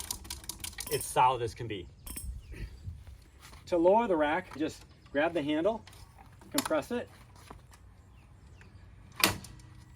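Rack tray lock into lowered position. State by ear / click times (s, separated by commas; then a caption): seated / 9.2 s. A rack tray is lowered by compressing its handle until the metal locking mechanism engages, while someone talks. Light metallic rattles and clanks are heard, then a sharp click at 9.2 s as the tray lock seats in the lowered position.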